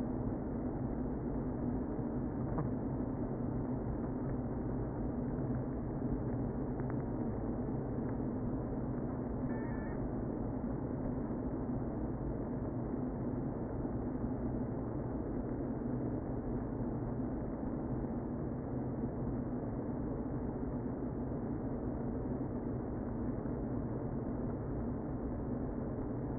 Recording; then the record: honeybee colony, microphone inside the hive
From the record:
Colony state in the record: queen present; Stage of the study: before two queens were removed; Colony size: about 60,000 bees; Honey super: yes